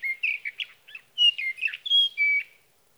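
Sage thrasher warbling in short bursts of clear whistled and slurred notes separated by brief pauses, including a few drawn-out pure tones.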